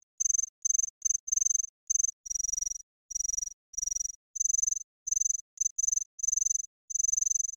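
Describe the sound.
Cicada buzzing in uneven pulses, high and harsh, with bursts of varying length broken by short gaps; no other sounds.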